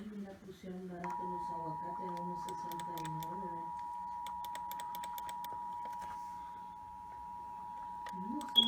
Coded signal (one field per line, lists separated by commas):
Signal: Emergency Alert System (SAME) tones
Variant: 853 and 960 Hz attention tone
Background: speech